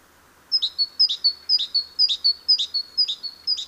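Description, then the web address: Great tit repeating a clear, even two-note phrase about seven times in quick succession, high note then lower, against a light steady hiss. "SETE Parus major"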